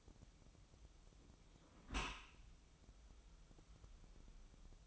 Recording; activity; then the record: daily activity, microphone in the room; close dishwasher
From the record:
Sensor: 1